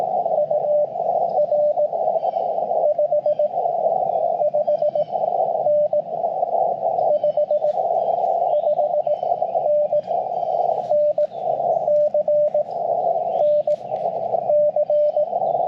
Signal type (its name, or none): Morse code